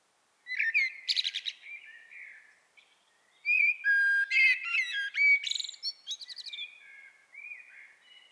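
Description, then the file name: Common blackbird song, two phrases of fluty warbling mixed with high scratchy twitters, each trailing into softer notes. "Turdus merula"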